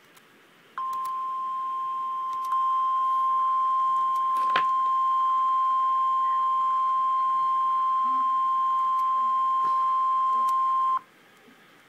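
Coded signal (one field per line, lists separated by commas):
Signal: Emergency Alert System (SAME) tones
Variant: 1050 Hz attention tone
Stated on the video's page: Real severe thunderstorm warning alert.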